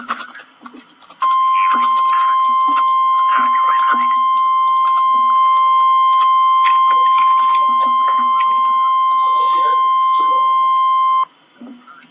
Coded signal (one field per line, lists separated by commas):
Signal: Emergency Alert System (SAME) tones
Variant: 1050 Hz attention tone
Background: speech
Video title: REAL EAS 282-Severe thunderstorm warning